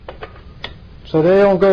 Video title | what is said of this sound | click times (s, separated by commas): Máy tạo dòng điện lớn ODEN AT 2H Megger | let's lock the two front wheels into place | 0.1 s, 0.6 s